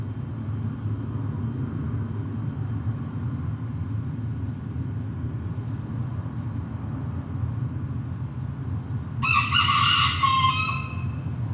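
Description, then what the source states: Chicken: rooster crowing once near the end, a harsh cock-a-doodle-doo after a long stretch of low traffic rumble. Recorded with traffic.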